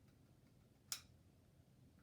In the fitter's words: you hear that it had a little snap when it snaps that lets me know that it's in the right position